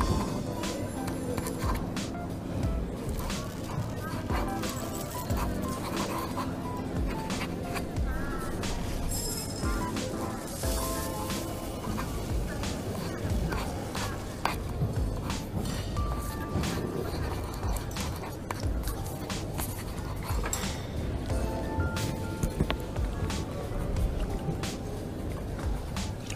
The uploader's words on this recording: Coffee shop ambience. Voices. Cutlery.